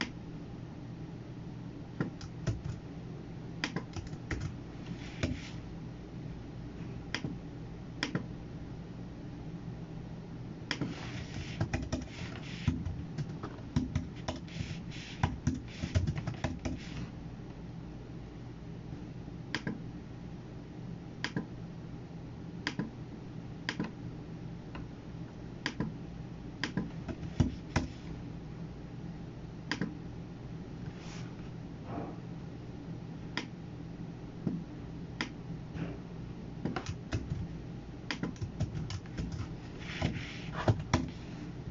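Sounds of working at a computer: sharp clicks and taps land irregularly over a steady low hum. Dense bursts of rapid tapping come around 2–4 and 11–17 seconds, then thinner, more spaced single clicks continue through to the end.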